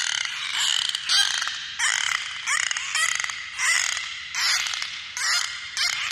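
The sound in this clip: Dolphin calls: about nine short raspy squawks with rising whistle tones, coming in quick uneven bursts of under a second each.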